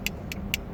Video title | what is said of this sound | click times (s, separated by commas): 3D Parts on my Jeep Wrangler JL | walkie-talkies clip slides in and you can hear that click | 0.5 s